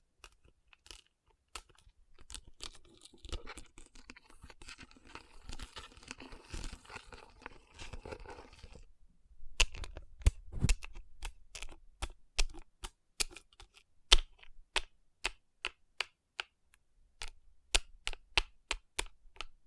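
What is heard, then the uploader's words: Fingers rub rhinestone-covered palms in a dense, scratchy rustle for nine seconds, then switch to sharp, separate taps every half second or so. Tapping & Rubbing Rhinestone Covered Palms.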